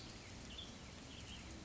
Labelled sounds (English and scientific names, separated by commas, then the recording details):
Western Tanager (Piranga ludoviciana)
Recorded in Sonoma County, California